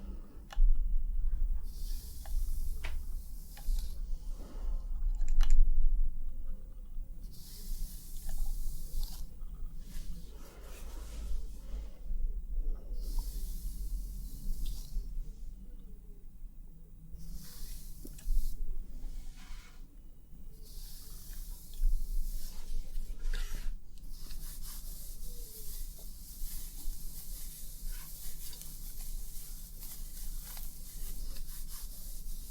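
A scalp massage and hair wash: bursts of soft, bright rubbing and squishing sounds come and go every few seconds, with short gaps between them. A low, steady rumble runs underneath throughout, and from about 24 seconds a constant hiss takes over.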